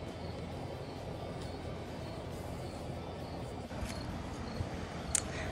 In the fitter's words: so once you unfold this you're gonna hear it click into place and then that's when you know